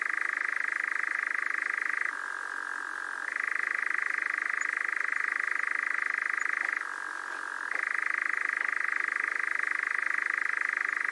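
Nightjar churring, a long, steady, rattling trill that twice shifts down to a lower, softer pitch for about a second before resuming.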